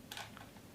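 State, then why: Not seated. The floppy plastic magazine door on an LDT G36 toy gel blaster is worked by hand, giving only light taps around 0.1, 0.2 and 0.4 seconds. The door just flops around and nothing clicks closed or latches.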